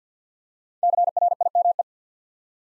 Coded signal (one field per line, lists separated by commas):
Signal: Morse code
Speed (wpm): 50 wpm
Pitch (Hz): 700 Hz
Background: none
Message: CRIME